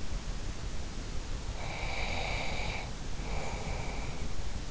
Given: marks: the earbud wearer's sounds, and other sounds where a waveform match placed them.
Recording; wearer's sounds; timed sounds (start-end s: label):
sounds in sleep by an in-ear microphone; breath
1.49-4.41 s: breath